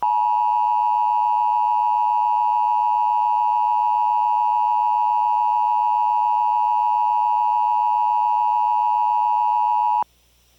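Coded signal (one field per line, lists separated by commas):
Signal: Emergency Alert System (SAME) tones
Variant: 853 and 960 Hz attention tone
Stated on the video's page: Simulated (mock) fire alert for Missouri, testing a Monroe Electronics gray screen.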